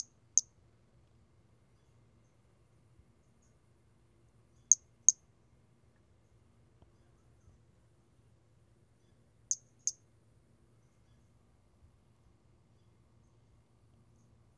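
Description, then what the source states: Pumpkin toadlet calls: short high-pitched notes, mostly in close pairs, repeated roughly every four to five seconds against a quiet background. 4 February 2016.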